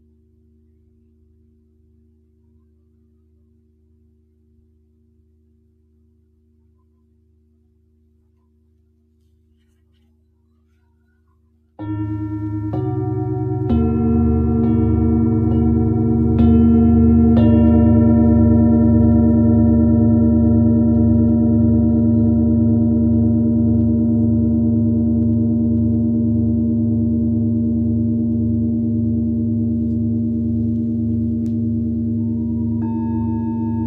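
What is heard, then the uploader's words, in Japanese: A singing bowl session for sound healing: about twelve seconds of near silence with a faint low hum, then a loud struck tone blooms in. More bowls join around fourteen and seventeen seconds, layering deep and ringing tones that sustain steadily and fade only slightly to the end. メキシコから シンギングボウルのサウンドヒーリング ライブ。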